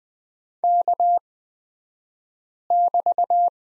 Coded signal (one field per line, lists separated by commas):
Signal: Morse code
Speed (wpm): 20 wpm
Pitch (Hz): 700 Hz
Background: none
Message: K<BT>